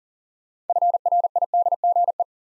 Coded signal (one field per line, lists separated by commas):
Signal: Morse code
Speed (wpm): 40 wpm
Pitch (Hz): 700 Hz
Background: none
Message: FRIDGE